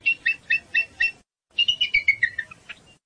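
Bald eagle call: a series of five high, thin piping notes, a short pause, then a faster twittering run that steps downward and trails off.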